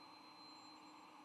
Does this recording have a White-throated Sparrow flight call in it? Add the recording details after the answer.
no. No flight call is heard. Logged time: 10:05 on 9 November 2014